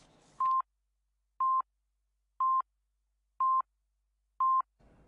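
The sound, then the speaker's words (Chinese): Five identical electronic telephone tones, each a short steady beep around one second apart, sounding clearly on an otherwise silent line as a phone call is answered, with no talking. “我而家听电话啦”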